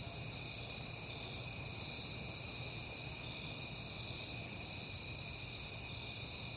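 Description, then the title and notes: Crickets trill in a continuous high shrill sound with several layered pitches, over a faint low rumble. Crickets recorded at night in September, on a peaceful night. "Night Time: Crickets and Passing Cars. It is September and I have been hearing the crickets a lot, but finally had a peaceful night to make the recording"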